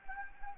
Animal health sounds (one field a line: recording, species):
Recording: mosquito wingbeat signal from an infrared sensor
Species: Anopheles gambiae